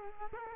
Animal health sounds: mosquito wingbeat signal from an infrared sensor; Culex quinquefasciatus

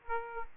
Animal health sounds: mosquito wingbeat signal from an infrared sensor; Aedes aegypti

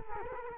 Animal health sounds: mosquito wingbeat signal from an infrared sensor; Culex quinquefasciatus

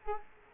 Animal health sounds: mosquito wingbeat signal from an infrared sensor; Culex quinquefasciatus

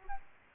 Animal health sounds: mosquito wingbeat signal from an infrared sensor; Aedes albopictus

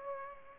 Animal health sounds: mosquito wingbeat signal from an infrared sensor; Aedes aegypti

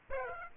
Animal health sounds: mosquito wingbeat signal from an infrared sensor; Aedes aegypti

